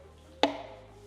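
An oiled paper oil filter cartridge for a Land Rover Discovery 5, with its rubber O-rings lubed, is aligned and pushed into the plastic filter housing cap. A single sharp click is heard at 0.4 s, then quiet background hum. The filter is seated in place.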